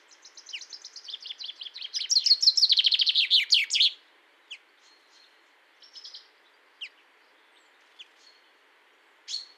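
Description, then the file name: Common chaffinch song: a rapid accelerating series of chirps building into a loud descending trill with a terminal flourish, followed by scattered single call notes. "Fringilla coelebs"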